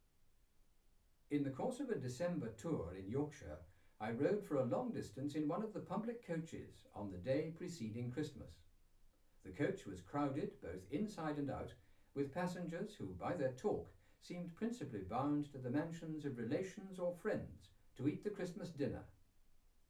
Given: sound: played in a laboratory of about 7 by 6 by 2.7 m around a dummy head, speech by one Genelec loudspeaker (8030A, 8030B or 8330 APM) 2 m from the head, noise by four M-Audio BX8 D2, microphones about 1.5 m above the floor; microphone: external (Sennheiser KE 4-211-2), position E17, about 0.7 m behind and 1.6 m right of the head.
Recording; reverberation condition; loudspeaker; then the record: male speech in English; low; 150 degrees to the left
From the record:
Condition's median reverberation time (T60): about 310 ms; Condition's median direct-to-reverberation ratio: about 3.5 dB